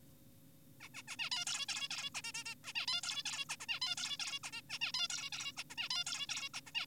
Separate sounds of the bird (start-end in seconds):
0.81-0.89, 0.94-1.02, 1.08-1.16, 1.19-1.30, 1.32-1.45, 1.47-1.66, 1.69-1.88, 1.90-2.10, 2.15-2.22, 2.24-2.32, 2.34-2.44, 2.46-2.55, 2.64-2.72, 2.75-2.86, 2.88-3.01, 3.03-3.23, 3.26-3.45, 3.50-3.56, 3.60-3.66, 3.69-3.80, 3.82-3.95, 3.98-4.17, 4.20-4.39, 4.44-4.50, 4.53-4.62, 4.70-4.79, 4.81-4.92, 4.94-5.08, 5.10-5.30, 5.32-5.52, 5.57-5.64, 5.70-5.75, 5.78-5.89, 5.90-6.04, 6.06-6.26, 6.29-6.49, 6.54-6.61, 6.67-6.72, 6.75-6.86